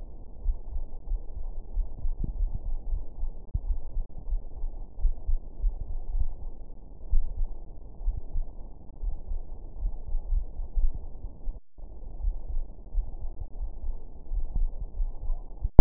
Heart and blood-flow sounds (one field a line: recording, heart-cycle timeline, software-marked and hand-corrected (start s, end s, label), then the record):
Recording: heart sounds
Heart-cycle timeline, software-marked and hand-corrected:
0.00	0.44	diastole
0.44	0.56	S1
0.56	0.72	systole
0.72	0.82	S2
0.82	1.46	diastole
1.46	1.58	S1
1.58	1.76	systole
1.76	1.88	S2
1.88	2.38	diastole
2.38	2.52	S1
2.52	2.68	systole
2.68	2.80	S2
2.80	3.40	diastole
3.40	3.50	S1
3.50	3.66	systole
3.66	3.78	S2
3.78	4.28	diastole
4.28	4.40	S1
4.40	4.48	systole
4.48	4.54	S2
4.54	5.02	diastole
5.02	5.14	S1
5.14	5.28	systole
5.28	5.40	S2
5.40	6.12	diastole
6.12	6.28	S1
6.28	6.42	systole
6.42	6.50	S2
6.50	7.10	diastole
7.10	7.26	S1
7.26	7.38	systole
7.38	7.48	S2
7.48	8.04	diastole
8.04	8.18	S1
8.18	8.34	systole
8.34	8.44	S2
8.44	9.04	diastole
9.04	9.16	S1
9.16	9.30	systole
9.30	9.42	S2
9.42	10.12	diastole
10.12	10.22	S1
10.22	10.30	systole
10.30	10.46	S2
10.46	11.20	diastole
11.20	11.30	S1
11.30	11.46	systole
11.46	11.56	S2
11.56	12.22	diastole
12.22	12.36	S1
12.36	12.52	systole
12.52	12.64	S2
12.64	13.28	diastole
13.28	13.40	S1
13.40	13.58	systole
13.58	13.70	S2
13.70	14.32	diastole
14.32	14.44	S1
14.44	14.56	systole
14.56	14.70	S2
14.70	15.26	diastole
15.26	15.38	S1
15.38	15.52	systole
15.52	15.60	S2
15.60	15.81	diastole
From the record:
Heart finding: coronary artery disease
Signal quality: good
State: rest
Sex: female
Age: 64 years